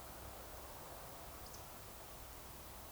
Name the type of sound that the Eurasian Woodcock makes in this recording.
whistle